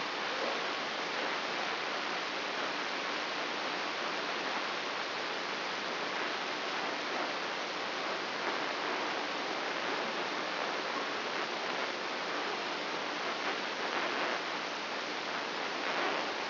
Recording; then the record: brain microelectrode recording played as sound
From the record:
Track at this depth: outside the subthalamic nucleus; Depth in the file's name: 7.66 mm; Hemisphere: left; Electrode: 3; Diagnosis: Parkinson's disease